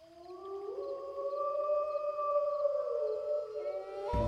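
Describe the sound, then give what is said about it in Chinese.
A long, wavering wild beast howl from the mountain forest as night falls rises and holds at a mid pitch, slowly sliding and overlapping with a second tone, then breaks off with a sudden low rumbling burst at the end. No talking. “只是眨眼的功夫，那些好像海远的野兽咆哮声就近了，此起彼伏于周遭，好像一片四面楚歌，让程前的神经紧绷了起来。”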